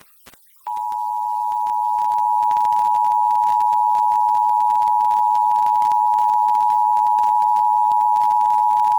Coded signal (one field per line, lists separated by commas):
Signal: Emergency Alert System (SAME) tones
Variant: 853 and 960 Hz attention tone